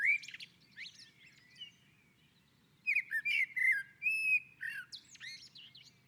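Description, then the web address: Common blackbird song: a brief fluty opening, a quiet gap, then a run of mellow warbled whistles ending in thin, high squeaky twittering, over a faint low hum. On a roof. "Naturinspelningar Koltrast på taket"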